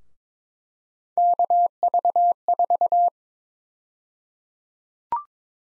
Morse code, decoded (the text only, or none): KV4